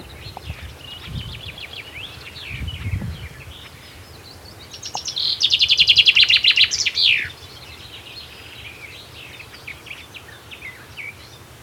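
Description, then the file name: Common chaffinch song, a loud, fast rattle of high notes ending in a brief flourish, with faint chirping before and after. "Fringilla coelebs"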